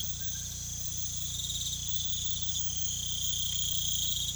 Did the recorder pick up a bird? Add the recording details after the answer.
no. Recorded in pastures near Puerto Asís, Putumayo, Colombia, on 16 December 2024 at 22:30. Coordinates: 0.472, -76.331. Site GP02